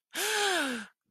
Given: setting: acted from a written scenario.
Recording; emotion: vocal sound without words; fear